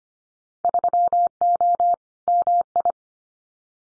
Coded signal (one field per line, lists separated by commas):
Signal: Morse code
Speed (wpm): 25 wpm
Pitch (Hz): 700 Hz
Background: none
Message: 3O MI